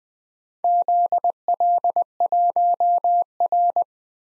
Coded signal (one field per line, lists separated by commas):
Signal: Morse code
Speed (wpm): 20 wpm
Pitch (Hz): 700 Hz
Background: none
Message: ZL1R